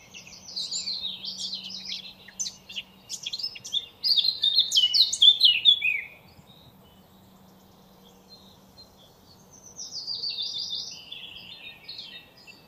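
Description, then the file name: Eurasian blackcap singing lively warbled phrases that peak around five seconds, fall silent, then return as a softer, shorter phrase near the end. "Sylvia atricapilla"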